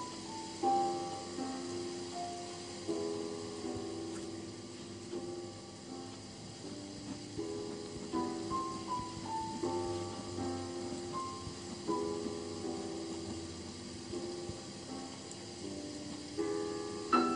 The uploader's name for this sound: piano edition with rain first then forest sounds